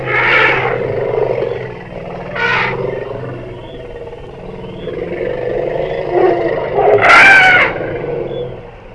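Elephant sounds: a harsh blare at the start, a short second burst, quieter sound in between, and a loud, bright trumpet blast near the end.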